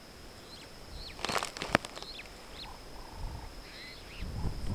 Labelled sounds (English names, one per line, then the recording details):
Superb Starling flight call
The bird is a male
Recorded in Kenya on 8 June 2010
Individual 81, of group SRB1